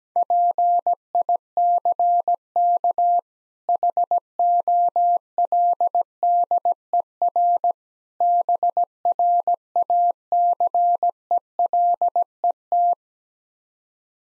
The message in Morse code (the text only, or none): PICK HOLDER BRACELET